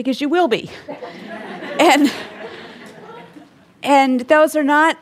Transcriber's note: laughter